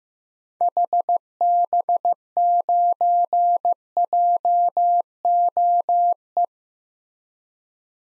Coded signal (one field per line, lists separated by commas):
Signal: Morse code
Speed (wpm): 15 wpm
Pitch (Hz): 700 Hz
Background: none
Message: HB9JOE